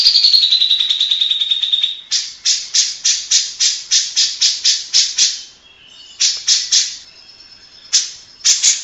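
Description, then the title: Grey-cheeked bulbul song: opens with a descending whistle over a scratchy trill, then a steady series of loud rasping notes about three a second, a pause, and more bursts. Long-duration masteran tutor recording for training captive songbirds. "Cucak Jenggot Masteran"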